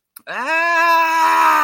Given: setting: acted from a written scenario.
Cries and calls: vocal sound without words; distress

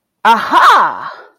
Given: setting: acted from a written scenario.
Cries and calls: vocal sound without words; triumph

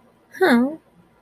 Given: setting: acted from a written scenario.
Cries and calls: vocal sound without words; disappointment

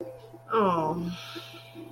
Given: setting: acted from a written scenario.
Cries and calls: vocal sound without words; shame

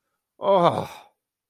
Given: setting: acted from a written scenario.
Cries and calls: vocal sound without words; pain

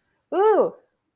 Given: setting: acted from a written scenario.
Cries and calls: vocal sound without words; triumph

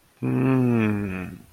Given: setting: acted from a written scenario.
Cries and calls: vocal sound without words; desire

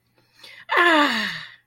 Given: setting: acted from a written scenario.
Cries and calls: vocal sound without words; pride

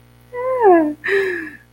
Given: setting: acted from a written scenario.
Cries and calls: vocal sound without words; positive surprise

